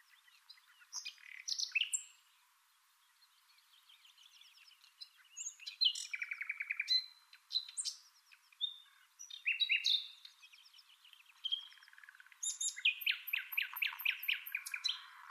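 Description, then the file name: Common nightingale singing a varied phrase sequence of sharp chirps, whistles and rapid repeated buzzy trills, ending in a fast stuttering series of high notes. "Luscinia megarhynchos"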